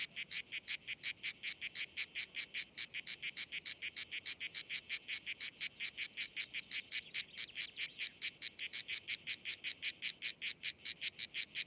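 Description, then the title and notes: Grey cicada song, a sharp buzzing pulse repeated rapidly and regularly throughout. Described as the most abundant and best-known cicada, easily recognised by its particular rhythm; locally called Cacan in Provence. "Nouvelle cigale dans &quot;ECOUTEZ NATURE&quot"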